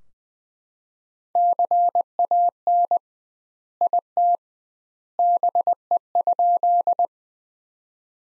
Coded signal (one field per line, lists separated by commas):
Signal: Morse code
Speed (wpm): 20 wpm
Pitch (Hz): 700 Hz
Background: none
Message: CAN IT BE?